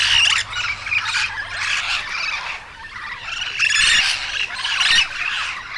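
Yellow-shouldered parrot squawks in loud harsh bursts, a quieter stretch mid-way, then more rasping calls over a low hum.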